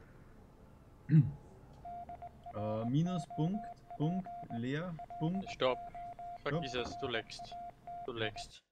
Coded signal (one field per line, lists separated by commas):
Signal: Morse code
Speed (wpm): 20 wpm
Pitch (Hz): 700 Hz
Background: speech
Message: DROP LOCATI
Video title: Rätsel: Der Morsecode - Secret World Legends #022 [DEUTSCH–GERMAN/HD/PC]